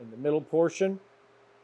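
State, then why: Not seated. A small safety clip is handled near the loop in the middle of the front latch of a Lomax hard tonneau cover on a 2018 Chevrolet Silverado 1500. Someone talks briefly over a faint steady hum. Nothing has clicked or seated yet.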